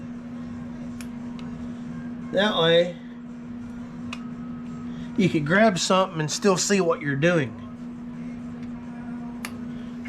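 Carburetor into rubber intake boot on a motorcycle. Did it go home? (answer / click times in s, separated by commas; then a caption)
yes / 9.5 s. While refitting the carburetor on a Virago 250 motorcycle, it is worked into its rubber intake boot, with someone talking in two stretches and a few faint ticks at about 1.0, 1.4 and 4.1 s. The carburetor snaps into the boot with a sharp click at 9.5 s, seating in place.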